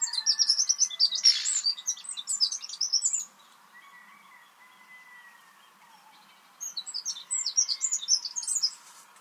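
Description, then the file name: Eurasian wren song: a rapid, high, rattling outburst of trills for about three seconds, a pause, then a second trilling burst. "Troglodytes troglodytes"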